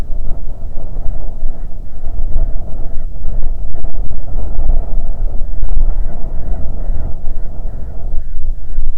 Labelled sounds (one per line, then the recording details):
bird
wind
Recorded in the Prudhoe Bay oil fields, Alaska, on 6 June 2019 at 03:34
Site 16